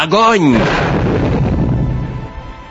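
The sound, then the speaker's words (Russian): A short, wavering shouted command to fire gives way to a heavy cannon blast from a ship's gun deck, aimed at an enemy ship, its deep rolling rumble slowly fading over the next couple of seconds. “Почти все наши ядра перелетели Венесуэлу.”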